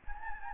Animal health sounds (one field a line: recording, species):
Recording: mosquito wingbeat signal from an infrared sensor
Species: Anopheles gambiae